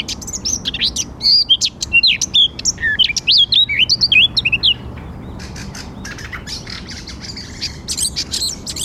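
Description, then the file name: Eurasian blackcap song, a fast varied warble mixing scratchy notes with clear fluty whistles for about five seconds, then fainter scattered chirps. "Sylvia atricapilla"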